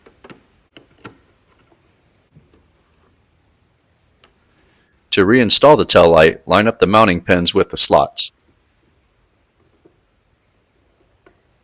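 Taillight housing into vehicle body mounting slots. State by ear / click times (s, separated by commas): not seated / none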